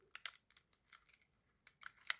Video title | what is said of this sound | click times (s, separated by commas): The ONE and ONLY EDC tool for your key ring - Utilikey by Swiss Tech. | All right. Closes in, snaps into place, and that's it. | 1.8 s